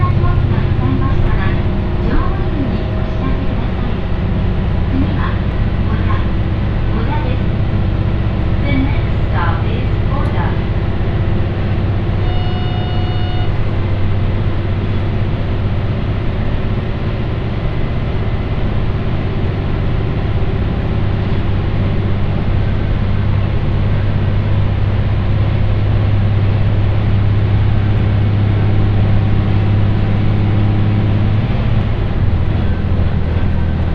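Riding inside a moving train, a steady, heavy low rumble runs the whole way through at an even loudness. In the first dozen seconds there are scattered clicks and rattles, a brief tonal chime near the thirteen-second mark, and faint speech-like sounds beneath the hum.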